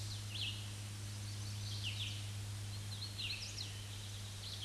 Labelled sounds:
Hooded Warbler (Setophaga citrina) song
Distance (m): 45 m
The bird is about 10 m above the microphone
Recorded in a Pennsylvania forest on 16 May 2024 at 07:56
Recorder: AudioMoth, point MSD-0192
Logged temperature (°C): 16.0 °C
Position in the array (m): 145 m, 90 m

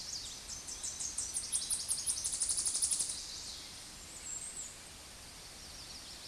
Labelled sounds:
Tennessee Warbler (Leiothlypis peregrina) song
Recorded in a Pennsylvania forest on 16 May 2024 at 08:04
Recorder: AudioMoth, point MSD-2234
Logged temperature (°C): 16.4 °C
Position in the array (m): 10 m, 85 m

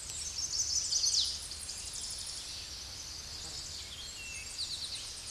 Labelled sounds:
Chestnut-sided Warbler (Setophaga pensylvanica) song
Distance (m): 15 m
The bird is about level with the microphone
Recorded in a Pennsylvania forest on 16 May 2024 at 08:24
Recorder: AudioMoth, point MSD-2007
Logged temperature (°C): 16.1 °C
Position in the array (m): 51 m, 41 m

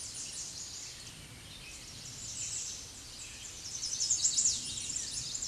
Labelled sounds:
American Redstart (Setophaga ruticilla) song
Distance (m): 40 m
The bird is about 15 m above the microphone
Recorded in a Pennsylvania forest on 16 May 2024 at 06:53
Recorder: AudioMoth, point MSD-1679
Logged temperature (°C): 16.1 °C
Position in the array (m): 119 m, 203 m

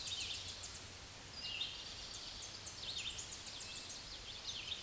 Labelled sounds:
Tennessee Warbler (Leiothlypis peregrina) song
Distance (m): 45 m
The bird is about 25 m above the microphone
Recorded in a Pennsylvania forest on 16 May 2024 at 06:41
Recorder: AudioMoth, point MSD-0814
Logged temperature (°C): 15.8 °C
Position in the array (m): 119 m, 117 m

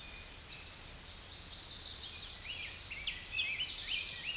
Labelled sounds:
Tennessee Warbler (Leiothlypis peregrina) song
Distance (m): 50 m
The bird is about 10 m above the microphone
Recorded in a Pennsylvania forest on 16 May 2024 at 07:11
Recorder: AudioMoth, point MSD-1338
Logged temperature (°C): 12.6 °C
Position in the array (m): 74 m, 66 m

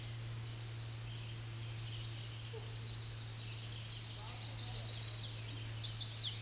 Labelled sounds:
Tennessee Warbler (Leiothlypis peregrina) song
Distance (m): 30 m
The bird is about 10 m above the microphone
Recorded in a Pennsylvania forest on 16 May 2024 at 07:56
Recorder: AudioMoth, point MSD-1679
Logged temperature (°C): 16.1 °C
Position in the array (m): 96 m, 162 m

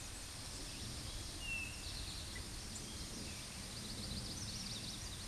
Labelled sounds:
Eastern Towhee (Pipilo erythrophthalmus) song
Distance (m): 35 m
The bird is about 5 m below the microphone
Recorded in a Pennsylvania forest on 16 May 2024 at 09:47
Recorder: AudioMoth, point MSD-2234
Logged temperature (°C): 16.4 °C
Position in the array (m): 1 m, 44 m

